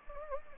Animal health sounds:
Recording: mosquito wingbeat signal from an infrared sensor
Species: Anopheles gambiae

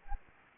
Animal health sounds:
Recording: mosquito wingbeat signal from an infrared sensor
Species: Anopheles gambiae

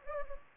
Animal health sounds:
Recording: mosquito wingbeat signal from an infrared sensor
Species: Anopheles gambiae

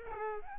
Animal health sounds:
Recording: mosquito wingbeat signal from an infrared sensor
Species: Aedes albopictus

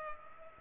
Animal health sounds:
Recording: mosquito wingbeat signal from an infrared sensor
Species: Culex pipiens

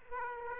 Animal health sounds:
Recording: mosquito wingbeat signal from an infrared sensor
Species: Aedes aegypti

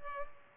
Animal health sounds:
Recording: mosquito wingbeat signal from an infrared sensor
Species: Culex pipiens

